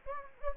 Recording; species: mosquito wingbeat signal from an infrared sensor; Anopheles gambiae